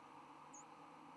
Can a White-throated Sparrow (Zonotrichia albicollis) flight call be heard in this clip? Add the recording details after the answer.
no. Another species' flight call is heard. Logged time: 09:35 on 10 November 2014